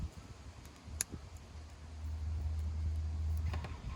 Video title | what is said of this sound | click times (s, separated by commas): 🥇 How To Install BougeRV 100 Watt CIGS Solar Panel On Highlander SUV Car Roof Review #wisebuyreviews | Did you hear the click? | 1.0 s